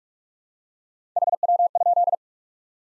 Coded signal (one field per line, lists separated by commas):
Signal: Morse code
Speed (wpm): 45 wpm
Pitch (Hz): 700 Hz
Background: none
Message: HW?